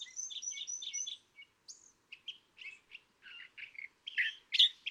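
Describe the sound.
California thrasher song opening with a rapid repeated chattering phrase, then a string of varied short notes, buzzes and scratchy chirps.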